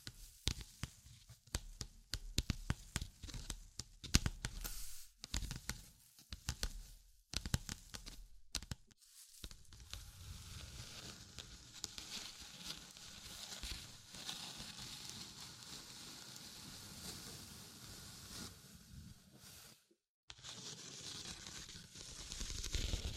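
Tapping and scratching for the first nine seconds: quick, sharp clicks and scrapes in uneven bursts, with short silent gaps. Then a steady, dense rubbing and tracing sound runs until about twenty seconds, breaks off briefly, and returns brighter and hissier to the end.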